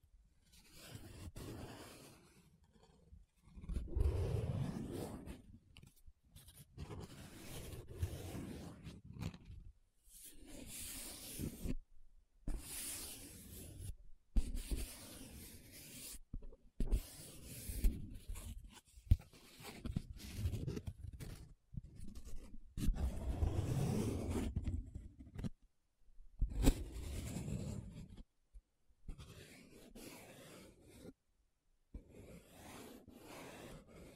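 Paper being traced on, scratched and rubbed in a run of short strokes and bursts, each a dry, hissy scrape with some low body. The strokes come irregularly, roughly one every second or two, separated by brief silent gaps. The louder rubs land around 4, 24 and 27 seconds.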